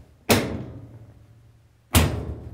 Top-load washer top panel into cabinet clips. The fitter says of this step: Once you have it snapped into place, we can take the tape off the lid.